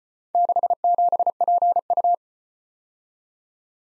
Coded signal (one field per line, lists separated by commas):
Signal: Morse code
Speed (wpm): 34 wpm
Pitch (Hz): 700 Hz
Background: none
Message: 67PU